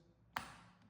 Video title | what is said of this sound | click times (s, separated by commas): LG Magic 2025 Remote - Change Batteries - How To - 4K | slide in. And you'll hear that click, which means the remote control | 0.4 s